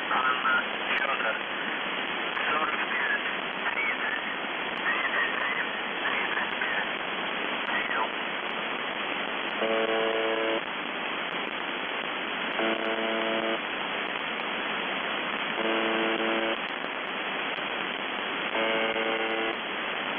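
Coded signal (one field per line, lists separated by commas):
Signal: channel marker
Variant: UVB-76 (The Buzzer)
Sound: faint spoken voice through static, then four short harsh low buzzes about three seconds apart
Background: radio static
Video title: The Buzzer/UVB-76(4625Khz) April 8, 2021 15:40UTC Voice message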